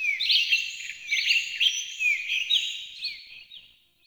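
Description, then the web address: Bird chirping, quick high twittering phrases with rising and falling sweeps repeated several times, fading toward the end. Open forest glade by day. "Soulframe Soulframe Sound. Forest Open Glade Bird Med"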